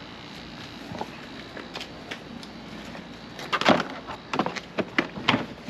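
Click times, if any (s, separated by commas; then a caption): none. A plastic drain filter piece is handled and pushed toward its drain mount in the car body of a Fiat 124 Spider or Mazda MX-5 ND. After a quiet stretch, a series of sharp plastic knocks and scrapes starts at about 3.5 s, with the loudest taps near 5.0 s and 5.3 s. The clip ends before the piece goes home, so nothing has seated or clicked yet.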